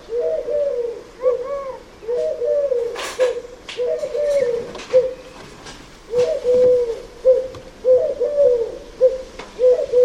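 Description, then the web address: Bird calls: repeated low hooting notes, with several sharp clicks and knocks between them. "Deverinetal 2025 File origin Bird Only"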